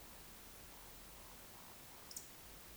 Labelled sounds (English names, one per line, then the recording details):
Eurasian Woodcock whistle
Eurasian Woodcock croak
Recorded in Baden-Württemberg, Germany, on 3 June 2021 at 20:25 UTC
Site 49334, 1074 m above sea level